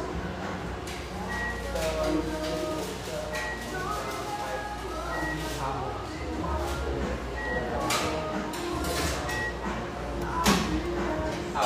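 A busy cafe in Portland's Grant Park neighborhood, filled with a steady murmur of overlapping voices and a low hum underneath. Dishes and utensils clatter often, with sharper clinks near 8 and 10.5 seconds, and brief high beeps recur every couple of seconds.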